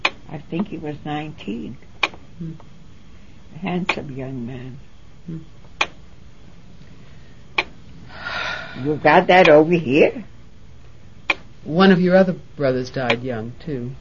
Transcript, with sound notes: I think he was nineteen. A handsome young man. ( they sigh ) You've got that over here?
One of your other brothers died young, too.